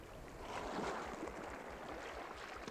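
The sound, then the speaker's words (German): A steady, broad rushing of sea water beside a seaside palace, with surf washing continuously and softly surging in loudness. There are no voices. “Er hörte dem Rauschen des Meeres zu.”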